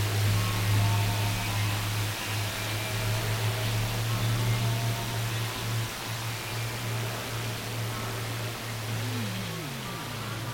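Radio static recorded during a lunar eclipse: a steady wash of hiss fills the whole range, with a strong low hum running underneath throughout. Faint wavering tones and buzzy lines drift in and out, and a few sliding whistles appear near the end.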